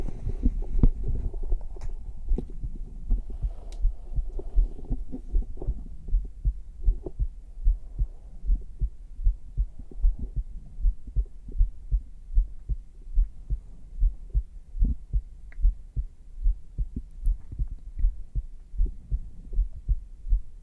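Steady low thumping heartbeat at about 77 beats a minute, heard on the right side of the chest.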